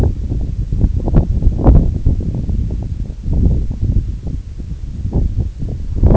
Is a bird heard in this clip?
no